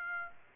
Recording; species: mosquito wingbeat signal from an infrared sensor; Aedes aegypti